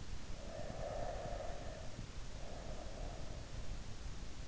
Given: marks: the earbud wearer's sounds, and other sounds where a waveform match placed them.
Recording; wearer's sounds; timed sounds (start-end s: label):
sounds in sleep by an in-ear microphone; breath
0.29-3.49 s: breath